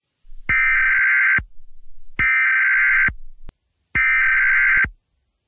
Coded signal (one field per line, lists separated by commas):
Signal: Emergency Alert System (SAME) tones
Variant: header bursts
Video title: EAS Scenario: Tornado Warning (Fake/Valid Tones)